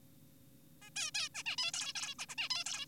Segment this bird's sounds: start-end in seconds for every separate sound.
0.82-0.90, 0.96-1.11, 1.15-1.29, 1.35-1.43, 1.46-1.56, 1.58-1.72, 1.74-1.93, 1.96-2.15, 2.19-2.26, 2.29-2.35, 2.38-2.49, 2.50-2.64, 2.66-2.86